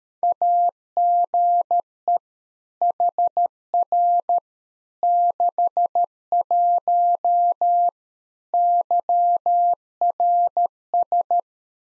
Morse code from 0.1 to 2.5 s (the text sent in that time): AGE